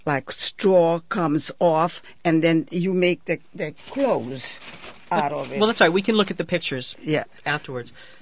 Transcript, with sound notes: like straw comes off, and then you make the clothes out of it. ( she rustles papers )
Well, that's all right, we can look at the pictures afterwards.